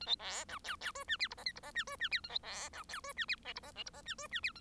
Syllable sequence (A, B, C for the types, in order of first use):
A B C D E E F G H I J K I J G F G H A B C D E F G H L I J L I J G F G H A